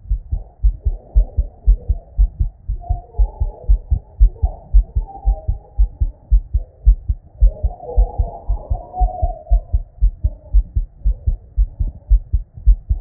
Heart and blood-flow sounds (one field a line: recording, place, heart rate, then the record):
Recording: heart sounds by stethoscope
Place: Erb's point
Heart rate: 112 bpm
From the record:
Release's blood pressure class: elevated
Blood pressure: 127/75 mmHg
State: at rest